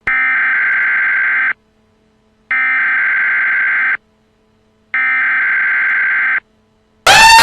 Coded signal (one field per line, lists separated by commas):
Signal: Emergency Alert System (SAME) tones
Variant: header bursts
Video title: debunking @multifan_channel Land eas alarm